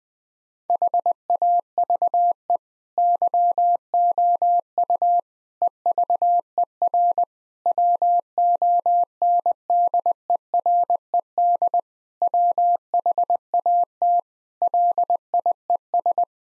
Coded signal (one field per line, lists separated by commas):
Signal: Morse code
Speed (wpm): 20 wpm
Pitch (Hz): 700 Hz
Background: none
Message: HAVE YOU EVER WONDERED WHAT LIES